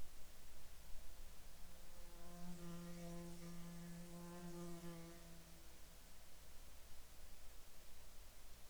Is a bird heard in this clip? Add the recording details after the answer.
no. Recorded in Ivvavik National Park, Yukon, on 16 June 2019 at 06:58. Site SINP03